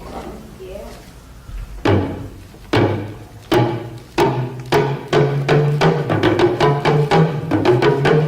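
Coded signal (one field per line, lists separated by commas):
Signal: talking drum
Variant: Dagomba luna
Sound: drum strokes in speech-like rhythm, low pitched tones bending slightly, growing faster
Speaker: if you don't understand the language you don't know but I'm speaking a musical poetry that says something about tradition tradition is given to our grandparents they pass it to our parents they pass it on to us and it is our responsibility to pass it on to the next Generation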